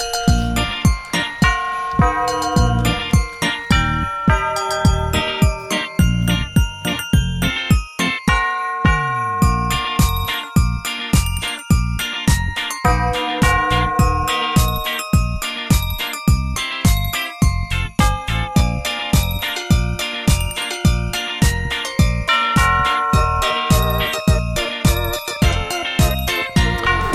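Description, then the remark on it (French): Bright Santa Claus sleigh bells jingle steadily over a loud, rhythmic musical backing with a regular pulsing beat, continuing throughout with no voices. “Hein, vous avez entendu, c'est les cloches du Père Noël.”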